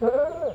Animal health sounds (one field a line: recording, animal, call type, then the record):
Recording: contact call of a hoofed animal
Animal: goat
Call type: low-frequency (closed-mouth) or high-frequency (open-mouth) call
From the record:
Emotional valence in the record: negative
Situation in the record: short social isolation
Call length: 0.55 s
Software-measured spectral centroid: 920 Hz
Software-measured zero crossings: 1190 a second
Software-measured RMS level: -23 dBFS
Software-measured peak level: -10 dBFS